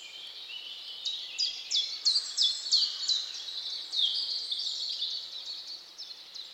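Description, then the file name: Birds singing: a run of high, sharply falling notes, about three each second, over a soft steady background hiss. Recorded at dawn. "Odgłosy-Natury-Świt-i-ptaki"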